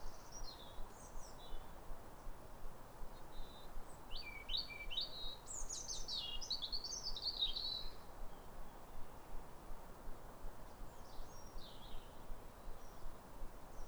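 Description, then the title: European robin singing wistful high phrases, quiet at first, swelling to a rich tumbling passage in the middle, then fading to faint notes, with low background hiss. Pair of robins in neighbouring gardens singing a duet with wistful phrases at a clear, calm, rosy New Year sunrise in winter, after weeks of rain; recorded by Fergus Collins. "Sound Escape 150: Be uplifted by a chorus of New Year's robins"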